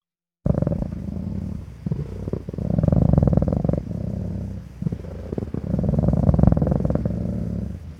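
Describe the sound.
Animal purring in a low, rumbling rhythm after a brief silence, swelling and easing in waves throughout.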